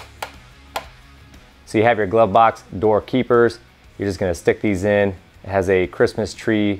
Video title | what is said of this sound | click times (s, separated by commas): How to Install Lower Vented Fairings on Harley Touring | you don't want to tighten this down too much you just want to tighten it down just enough to where you hear those audible clicks and it stays in place | 0.2 s, 0.8 s